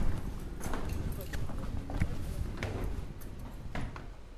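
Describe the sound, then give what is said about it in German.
Footsteps knock steadily on a hard floor over a low rumbling background, with a few sharper clicks and thuds as a red door with a red sign and a flag is opened along the way. “Öffnen Sie bitte die Tür und”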